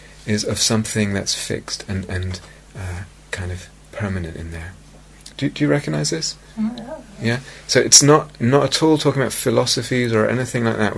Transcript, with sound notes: is of something that's fixed and kind of permanent in there. Do you recognize this? [affirmative noises] Yeah? So it's not at all talking about philosophies or anything like that.